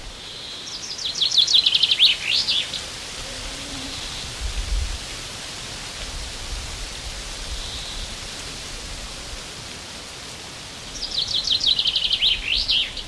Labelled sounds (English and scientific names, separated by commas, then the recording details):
Common Chaffinch (Fringilla coelebs)
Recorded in the wild
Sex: male
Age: adult
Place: Halbinsel Kindo, Karelien, RU
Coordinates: 66.5375, 33.0908
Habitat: taiga
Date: 1995-06-21
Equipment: Sony WM-D6C, Sennheiser MKH 416 T, Kopie Revox C 270
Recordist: Frommolt, Karl-Heinz